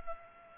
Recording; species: mosquito wingbeat signal from an infrared sensor; Culex pipiens